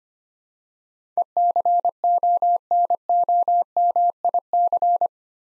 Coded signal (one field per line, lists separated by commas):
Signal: Morse code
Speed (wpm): 25 wpm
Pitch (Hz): 700 Hz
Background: none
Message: ECONOMIC